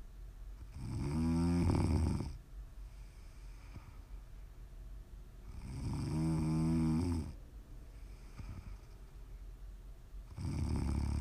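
Three loud, low-pitched, buzzing snores on inhalation, about 12 breaths a minute, separated by quiet exhalations, from an adult woman asleep. The snores have a fluttering, vibrating tone typical of ordinary sleep snoring.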